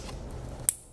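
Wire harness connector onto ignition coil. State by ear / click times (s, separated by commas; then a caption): seated / 0.7 s. After a spark plug change on a Honda Civic, the wire harness connector is pushed back onto the ignition coil against a low background rumble. It latches with one sharp, bright click at 0.7 s, confirming the connector is seated.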